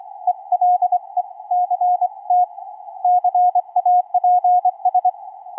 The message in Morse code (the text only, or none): ELECT CAPS